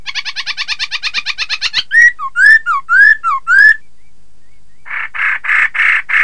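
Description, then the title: Laughingthrush delivering a fast buzzy trill, then loud looping whistled phrases repeated about every half second, followed by a few harsh, nasal notes. "Suara Kicau Burung Poksay"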